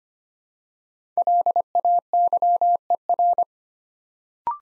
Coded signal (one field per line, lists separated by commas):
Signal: Morse code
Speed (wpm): 25 wpm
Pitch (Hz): 700 Hz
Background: none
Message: LAYER